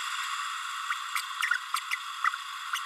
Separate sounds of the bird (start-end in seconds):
0.90-0.94, 1.15-1.22, 1.42-1.49, 1.76-1.80, 2.24-2.30, 2.73-2.79